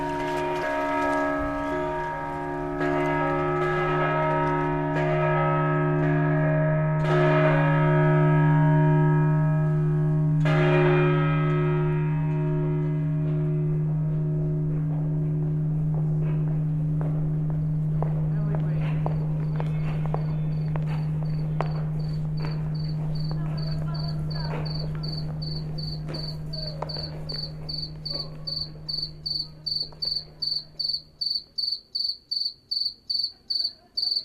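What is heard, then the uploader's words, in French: Night outdoors in Venice: a deep, steady ringing hum fills most of the clip, with a few sharp knocks early on, then fades near thirty seconds. A high insect trills in fast, regular pulses from midway, standing alone and clear at the end. La nuit – Venise. La nuit, quand Venise est presque désertée par ses habitants et surtout par ses hordes de touristes, la nature se donne à entendre.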